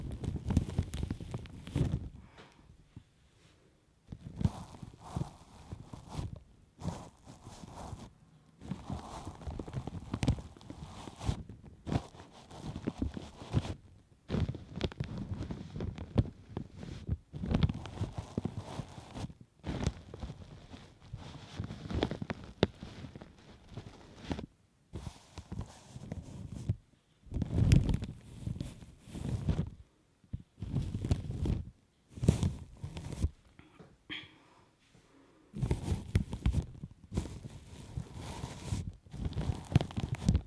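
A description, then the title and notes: Latex gloves and plastic rub and brush right against the microphone in crinkly bursts, each lasting a second or two with short silent gaps between. The handling is dense and muffled, heaviest in the low range, with occasional brighter scratches and small taps. ASMR French 5 Triggers (Latex gloves, Mic brushing, Plastic on mic, tweezers.)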